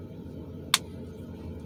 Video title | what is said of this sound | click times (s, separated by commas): Ancestry DNA and LivingDNA sample collection | and i said push the cap on until you hear a click | 0.7 s